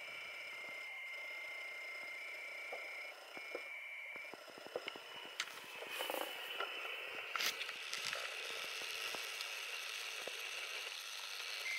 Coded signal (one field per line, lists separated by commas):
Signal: dial-up modem handshake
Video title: ICOM IC705 + CHAMELON MPAS 2.0 + Winlink VARA HF Session From Back of Jeep